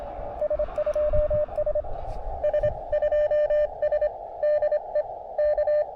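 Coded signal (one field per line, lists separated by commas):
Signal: Morse code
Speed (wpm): 25 wpm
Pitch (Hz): 600 Hz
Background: radio noise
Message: S2S S2S DE K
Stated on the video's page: CW SOTA activation with an Elecraft KX2, Spooltenna Ultra antenna and Palm Pico paddle.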